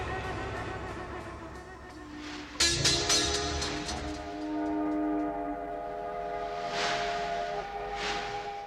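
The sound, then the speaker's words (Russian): A long, heavy train sets off and rumbles along steadily while a steam whistle sounds with sustained high tones, a sharp hissing burst breaking in partway through. “Во все концы страны бегут длинные тяжелые поезда.”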